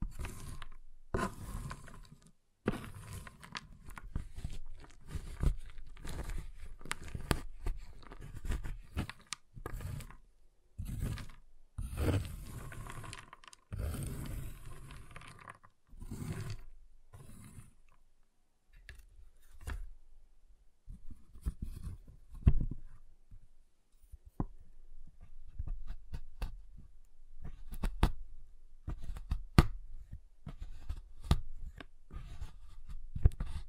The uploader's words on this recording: ASMR Giant Chocolate Bar Tapping, Cutting, Snapping Sounds (No Talking).